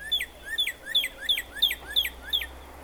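Northern cardinal song of paired notes: a low rising slur followed by a loud falling whistle, repeated several times at an even pace.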